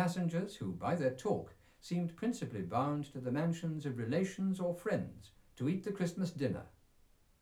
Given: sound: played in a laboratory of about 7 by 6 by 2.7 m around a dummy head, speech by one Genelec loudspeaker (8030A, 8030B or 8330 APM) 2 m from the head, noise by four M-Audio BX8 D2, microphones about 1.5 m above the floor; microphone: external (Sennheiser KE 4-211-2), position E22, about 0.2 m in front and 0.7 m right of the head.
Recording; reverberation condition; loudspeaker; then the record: male speech in English; low; 150 degrees to the left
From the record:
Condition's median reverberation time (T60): about 310 ms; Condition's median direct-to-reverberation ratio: about 3.5 dB